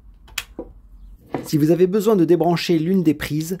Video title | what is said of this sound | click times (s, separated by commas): SolarFlow 800 Zendure - Guide installation & réglages, analyse technique, mesures & comparatifs ☀️⚡🔋 | bien entendre le clic lors des branchement | 0.4 s